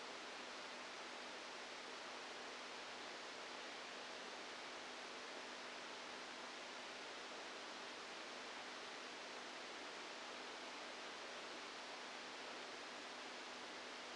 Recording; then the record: brain microelectrode recording played as sound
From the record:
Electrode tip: outside the subthalamic nucleus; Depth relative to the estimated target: -5 mm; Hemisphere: right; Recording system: NeuroSet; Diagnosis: Parkinson's disease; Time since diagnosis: 7 years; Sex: female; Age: 68 years